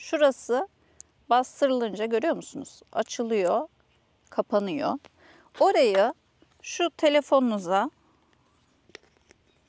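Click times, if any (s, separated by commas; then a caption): 8.9 s. A plastic twist-lock phone case adapter is pushed into a motorcycle handlebar phone mount while someone talks. After the speech stops, faint taps lead to a sharp click at 8.9 s, and the adapter locks into the mount.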